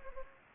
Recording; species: mosquito wingbeat signal from an infrared sensor; Anopheles gambiae